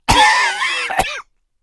Male Cough.